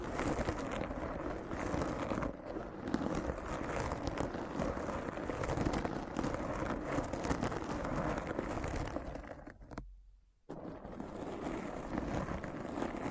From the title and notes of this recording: ASMR Deep Brain Scratch (No Talking).